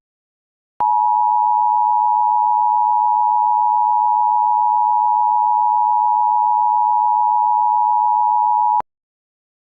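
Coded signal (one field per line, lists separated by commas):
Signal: Emergency Alert System (SAME) tones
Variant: 853 and 960 Hz attention tone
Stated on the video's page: Mock EAS alert for a Florida civil danger warning, simulated with a Spectrum DASDEC-II encoder sound.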